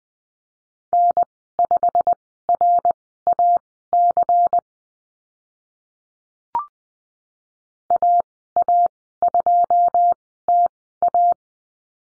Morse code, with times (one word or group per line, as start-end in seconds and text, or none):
0.9-4.6 N5RAC
7.9-11.3 AA2TA